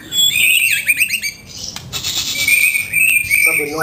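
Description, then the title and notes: White-rumped shama song: high, thin squeaky whistles and zigzag notes in short bursts. Caged-bird training (masteran) song of the White-rumped shama. "Suara Kicau Burung Murai Batu. burung murai buat masteran"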